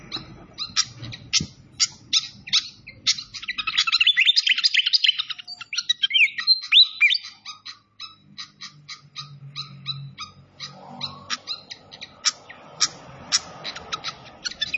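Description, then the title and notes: Malaysian pied fantail song: sharp repeated chips framing a dense twittering burst, then steady chipping over a soft hissing background. Training (masteran) recording of clear-voiced song combined with the sound of trickling water. "Masteran Sikatan Kipas Suara Jernih Dan Suara Gemericik Air. Suara Burung Sikatan Londo"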